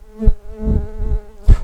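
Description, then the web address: Common carder bee buzzing: a steady, low droning hum with rich overtones, broken by a few soft thumps and bumps. Worker bees. "Pascuorum workers"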